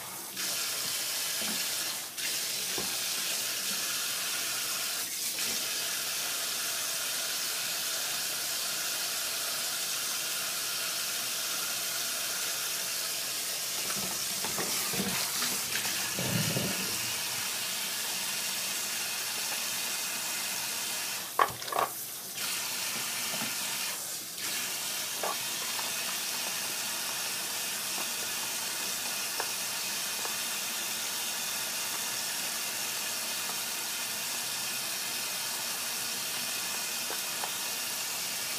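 Kitchen sounds from preparing dishes ahead for lunch boxes: a steady, bright hiss like steam or running water fills all 39 seconds. Occasional light clicks and knocks break through, with a low bubbling swell around 15–17 seconds and a cluster of clatters near 21–24 seconds.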